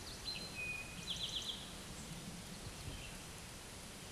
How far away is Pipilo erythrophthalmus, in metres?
about 35 m